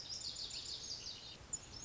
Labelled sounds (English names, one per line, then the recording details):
Lazuli Bunting
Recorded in Sonoma County, California